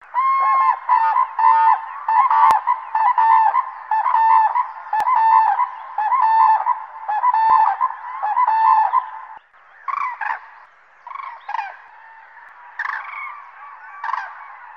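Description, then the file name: Common crane trumpeting calls: loud, rich notes repeated rapidly for about nine and a half seconds, followed by fainter scattered calls. "kraanvogel"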